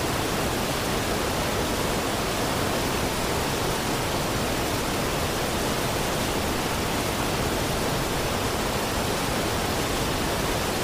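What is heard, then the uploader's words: A forest waterfall pours in a steady, dense rush that fills everything from deep rumble to bright hiss. The roar holds at an even level for the whole stretch, with no breaks or separate events and nothing else rising above it. Chill Out by Forest Waterfall - White Noise.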